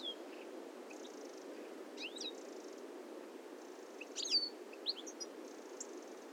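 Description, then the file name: European goldfinch giving a few short, high chirping call notes over a steady low rushing background noise. "Carduelis carduelis"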